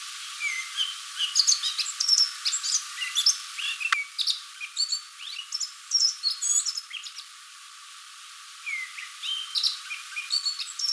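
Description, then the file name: Eurasian blackcap giving a busy run of quick chirps, clicks and short rising whistles, mostly high-pitched, with a brief lull about two-thirds through. "Sylvia atricapilla"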